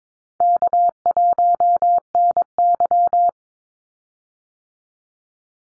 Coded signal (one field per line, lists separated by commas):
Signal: Morse code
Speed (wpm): 22 wpm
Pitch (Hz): 700 Hz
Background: none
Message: K1NY